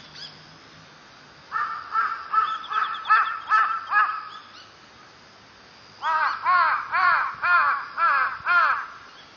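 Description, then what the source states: Crow cawing: a bout of several harsh caws, a pause of about two seconds, then several more arched caws over a low background hiss. Recorded 29 October 2013.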